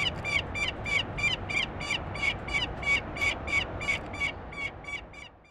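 Kingfisher repeating rough, buzzy notes in a rapid steady series, roughly three each second, the sequence thinning and fading near the end, low rumble beneath.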